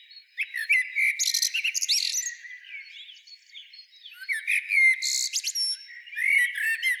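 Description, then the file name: Common blackbird song: repeated mellow, fluty phrases mixed with shrill high squeaks and twitters, with brief quieter gaps between phrases. "Turdus merula"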